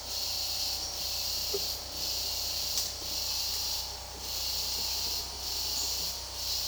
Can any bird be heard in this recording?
no